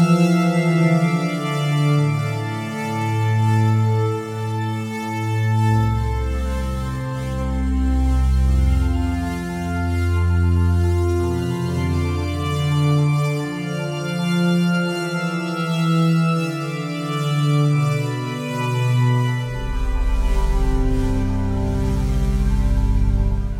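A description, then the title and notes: Binaural waves at 432hz: smooth synthetic tones that step from note to note about once a second in a slow, even melody. A deep bass swell enters around six seconds and fades near nineteen, while faint bright ringing lingers above throughout at a steady level. Binaural waves at a frequency of 432hz.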